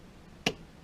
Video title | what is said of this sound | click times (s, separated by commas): How to build Arrows | Click right in there. | 0.5 s